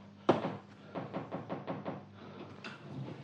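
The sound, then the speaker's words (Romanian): A sharp click opens the sequence, then a quick, even series of about half a dozen knocks on wood, followed by a softer thud as a door is handled. “Du-te la dracu și închide ușa”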